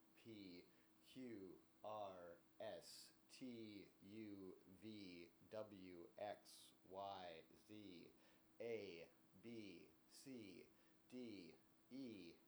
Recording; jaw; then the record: letters of the alphabet, spoken; free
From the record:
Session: seven days later